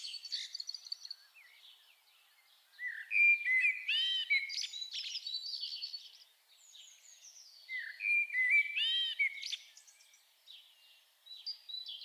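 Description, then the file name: Common blackbird singing: mellow whistled phrases breaking into scratchy high twittering, two main phrases a few seconds apart with softer notes between. "Turdus merula"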